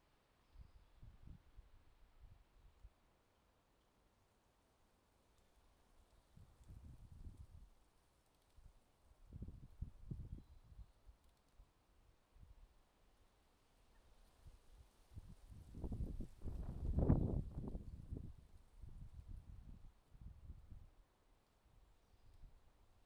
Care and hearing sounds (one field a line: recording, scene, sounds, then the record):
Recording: everyday scene through a hearing-aid microphone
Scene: wind on the microphone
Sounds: wind, traffic, birds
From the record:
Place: suburban garden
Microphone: in the ear canal, left